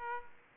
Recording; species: mosquito wingbeat signal from an infrared sensor; Aedes aegypti